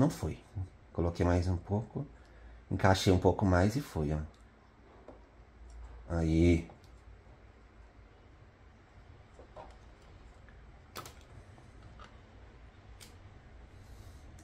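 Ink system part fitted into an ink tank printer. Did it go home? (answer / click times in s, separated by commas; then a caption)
no / none. Someone talks while handling an ink system part being fitted into an EcoTank L3250 ink tank printer, working to draw ink through to the print head. Speech fills the first seconds, followed by quiet handling with a few faint, sharp ticks near 5.1, 10.5, 11.0 and 13.0 seconds. Nothing has seated or clicked yet; the clip ends just before the part goes home.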